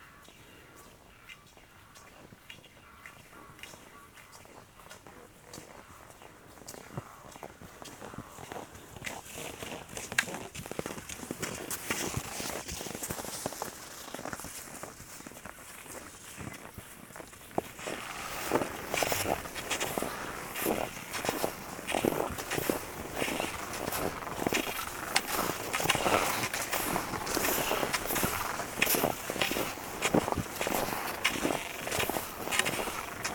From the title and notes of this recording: Ski de fond par moins trente. Cross country skiing by minus thirty. Near Cabano, QC, Canada.